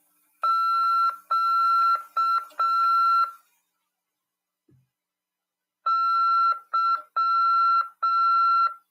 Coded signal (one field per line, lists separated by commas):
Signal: Morse code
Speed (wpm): 6 wpm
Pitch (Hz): 1350 Hz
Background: none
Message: Q Y